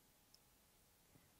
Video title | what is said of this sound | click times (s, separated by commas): Connecting Buttons to the Interface Board | and once that clicked you know that's mounted correctly and you just give it a slight pull and you know that you're safe there | 0.3 s